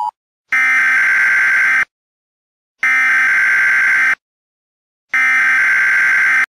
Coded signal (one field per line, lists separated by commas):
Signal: Emergency Alert System (SAME) tones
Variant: header bursts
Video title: BCOLTrainFan85 RBLX #38: Emergency Alert System